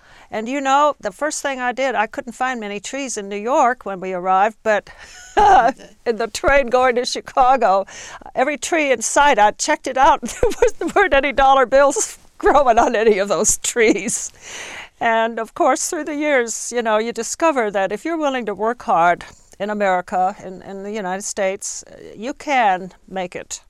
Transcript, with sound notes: And, you know, the first thing I did, I couldn't find many trees in New York when we arrived, but (she laughs) on the train going to Chicago, every tree in sight I checked it out (she's laughing) and there weren't any dollar bills growing on any of those trees. And, of course, through the years, you know, you discover that if you're willing to work hard in America, in the United States, you can make it.